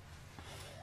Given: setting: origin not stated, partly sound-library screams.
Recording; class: one-second piece from a danger detection set; normal situation